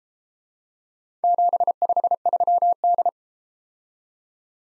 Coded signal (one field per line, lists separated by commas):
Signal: Morse code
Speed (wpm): 31 wpm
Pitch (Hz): 700 Hz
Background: none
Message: 753D